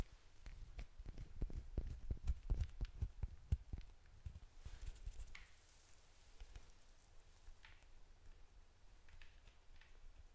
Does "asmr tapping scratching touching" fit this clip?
yes